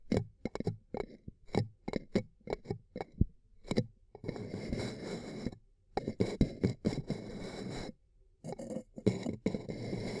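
Ear cupping sounds: for the first four seconds, quick muffled pats and taps come in an uneven rhythm. After that come longer stretches of soft, rushing, muffled rubbing, broken by brief silences near the six- and eight-second marks.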